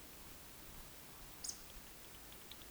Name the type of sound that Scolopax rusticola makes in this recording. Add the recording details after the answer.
whistle, croak. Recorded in Baden-Württemberg, Germany, on 31 May 2021 at 20:13 UTC. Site 20675, 466 m above sea level